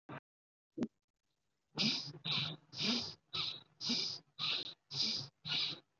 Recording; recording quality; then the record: shallow breathing; excellent, no background noise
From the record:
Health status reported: healthy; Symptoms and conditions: none ticked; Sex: male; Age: 20 years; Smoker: not ticked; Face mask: not worn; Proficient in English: yes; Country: India